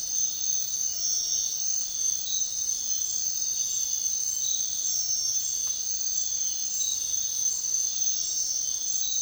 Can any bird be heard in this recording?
no